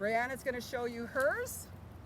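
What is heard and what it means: A plastic zip tie with fish netting woven around it is being handled, its tail about to go into the locking box. Someone talks throughout, with faint background noise and no clicks. Nothing has seated or clicked yet.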